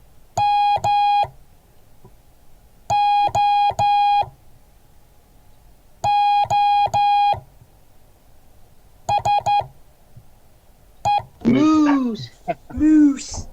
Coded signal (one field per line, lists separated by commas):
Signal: Morse code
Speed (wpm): 11 wpm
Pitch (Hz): 820 Hz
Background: speech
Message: MOOSE